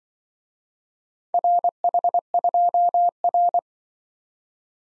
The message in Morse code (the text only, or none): RH2R